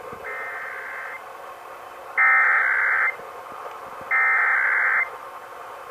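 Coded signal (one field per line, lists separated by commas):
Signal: Emergency Alert System (SAME) tones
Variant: header bursts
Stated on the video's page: Texas required monthly test as aired on several radio and TV stations.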